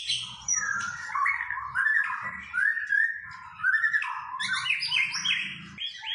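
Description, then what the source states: White-rumped shama singing mellow, mid-pitched warbled whistles in flowing phrases, with a faint low rumble underneath. White-rumped shama described as gacor, singing continuously and vigorously; meant to provoke a response from shamas.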